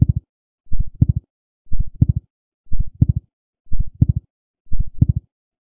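Deep, regular thumping beats come about once a second, roughly 60 a minute, six in all, with silence between them. Each beat is a low, muffled double thud. This is a sound effect of a steady heartbeat.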